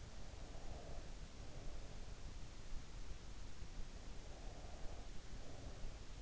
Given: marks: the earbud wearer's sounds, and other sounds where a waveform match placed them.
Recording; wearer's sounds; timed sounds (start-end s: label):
sounds in sleep by an in-ear microphone; breath
0.26-2.26 s: breath
4.12-6.22 s: breath